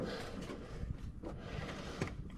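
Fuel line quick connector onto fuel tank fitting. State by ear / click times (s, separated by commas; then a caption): not seated / none. Someone pushes a fuel line quick connector onto the fuel tank fitting during a 26-gallon fuel tank swap on a 2004 Hemi Ram, producing low handling rumbles and brief sharp knocks around 2.0 and 2.3 seconds. The connector has not seated or clicked yet; it is still not on.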